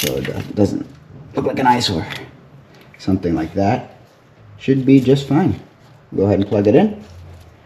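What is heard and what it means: Someone talks while getting ready to push the wiring connector onto the new coolant temperature sensor on a Jeep Cherokee XJ (1997-2001) 4.0L engine, during a P0118 code repair. Only speech in short bursts with quiet gaps is heard. The connector has not clicked or seated yet.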